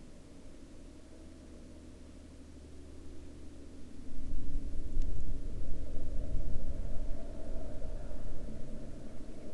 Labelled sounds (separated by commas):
water, man-made sound